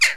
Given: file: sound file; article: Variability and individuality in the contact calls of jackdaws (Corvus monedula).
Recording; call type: jackdaw call; harmonic